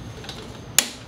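A torque wrench tightens the clutch boss nut on a Yamaha FJR1300 during a 2016 slipper clutch with easy pull upgrade, with a person sitting on the back so the rear tire doesn't spin. After a faint tap near 0.3 s, the wrench gives one sharp, loud click at 0.8 s that rings briefly, confirming the nut has reached its torque setting.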